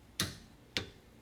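A click-type torque wrench tightens the second rear brake caliper bolt on a Hyundai Santa Fe to its 23 ft-lb setting. Two sharp, tick-like clicks ring out at 0.2 s and 0.8 s over a quiet background, confirming the bolt is torqued.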